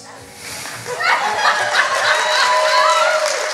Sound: laughter; applause